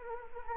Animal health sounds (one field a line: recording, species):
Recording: mosquito wingbeat signal from an infrared sensor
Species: Anopheles arabiensis